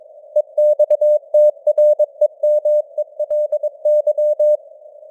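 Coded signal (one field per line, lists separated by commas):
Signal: Morse code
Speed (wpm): 22 wpm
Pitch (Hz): 600 Hz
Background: none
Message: EXTREMELY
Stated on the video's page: Morse news headlines at 22 wpm with simulated radio noise and varying signal strength (QSB).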